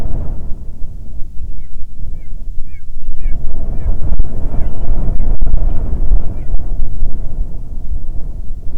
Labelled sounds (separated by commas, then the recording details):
bird, wind
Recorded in the Arctic National Wildlife Refuge, Alaska, on 9 July 2019 at 21:42
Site 48